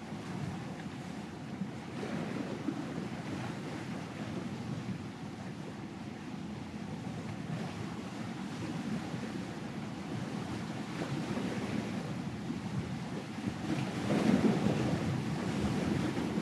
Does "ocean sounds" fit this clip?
yes